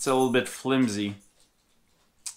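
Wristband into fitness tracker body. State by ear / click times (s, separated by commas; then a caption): partly seated / 2.3 s. Someone talks, then a worn band is snapped back onto a fitness tracker body with a short, sharp click at 2.3 s. The band is a bit flimsy and no longer snaps in quite perfectly, so it only seats loosely and needs replacing.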